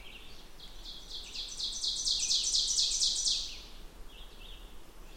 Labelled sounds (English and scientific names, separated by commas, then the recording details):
Ovenbird (Seiurus aurocapilla) song
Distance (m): 35 m
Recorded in boreal forest in Alberta, Canada, on 16 June 2016 at 08:31
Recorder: SongMeter 3, array SBT-3-32
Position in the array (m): 159 m, 29 m
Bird 36